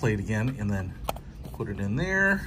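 The plastic back plate of a Blink XT outdoor wireless security camera, which sits in a sunshade hood, is being handled and fitted back onto the camera housing while someone talks. Nothing has seated or clicked yet; the back plate is not yet home.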